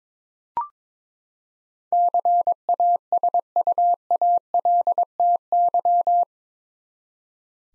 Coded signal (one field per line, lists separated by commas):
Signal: Morse code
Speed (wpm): 22 wpm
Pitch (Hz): 700 Hz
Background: none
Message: CASUALTY